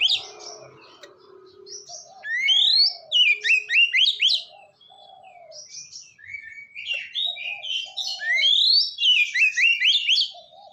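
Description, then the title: Oriental magpie-robin singing long varied phrases of whistles and sweeping notes, with quieter lower notes in the background. "kacer"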